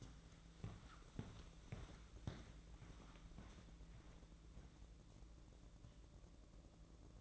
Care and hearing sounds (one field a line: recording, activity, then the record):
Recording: daily activity, microphone in the room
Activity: walk to room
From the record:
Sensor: 3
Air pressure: 1012.2 hPa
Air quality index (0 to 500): 138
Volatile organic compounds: 2 ppm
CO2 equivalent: 1058 ppm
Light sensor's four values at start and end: 138/335/138/129 and 149/359/149/139